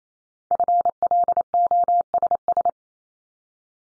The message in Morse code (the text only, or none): FLOSS